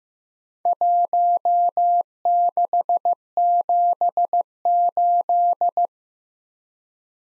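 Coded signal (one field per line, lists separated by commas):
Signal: Morse code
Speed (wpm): 15 wpm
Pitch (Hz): 700 Hz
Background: none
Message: 1678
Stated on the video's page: Morse practice at 15 wpm of random four-character letter-number groups, each sent twice.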